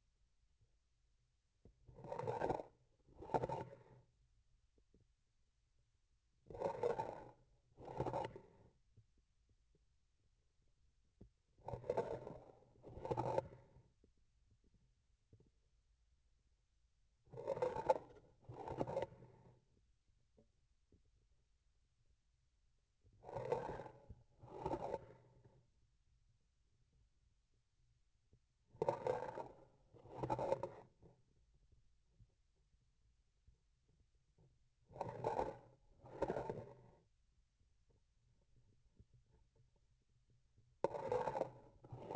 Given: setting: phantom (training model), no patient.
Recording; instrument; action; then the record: laparoscopic instrument, vibration sensor on the handle end; grasping forceps; approaching and retracting movements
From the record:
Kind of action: spatial motion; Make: other than Olympus